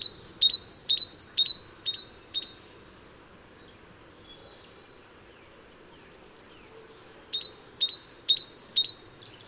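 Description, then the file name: Great tit delivering a fast string of high, clipped notes, falling silent for a few seconds, then starting a second string. "Parus major"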